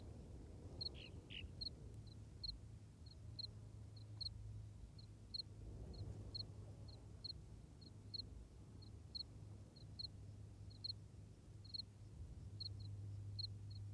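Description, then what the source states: Cricket chirping: short high chirps repeated rapidly and steadily, over a low rumble of strong wind. Recorded in strong wind, with the cricket clearly marked.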